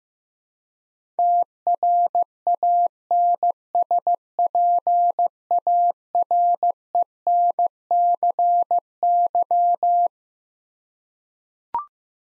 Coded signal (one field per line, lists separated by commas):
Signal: Morse code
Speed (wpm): 15 wpm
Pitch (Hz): 700 Hz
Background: none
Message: TRANSPARENCY